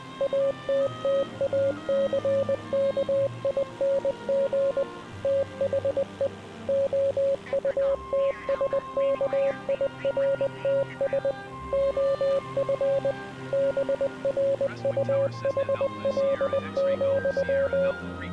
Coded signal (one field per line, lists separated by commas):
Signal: Morse code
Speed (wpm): 20 wpm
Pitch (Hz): 560 Hz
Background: speech, music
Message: ATTACKING THE OUTSKIRTS OF BRUHL,